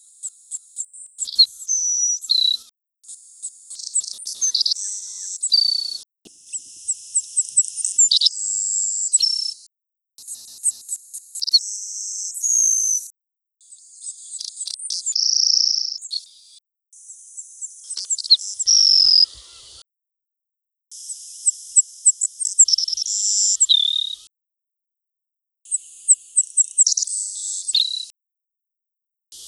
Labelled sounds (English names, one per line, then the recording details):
Savannah Sparrow song
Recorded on Kent Island, New Brunswick, in 1988-1989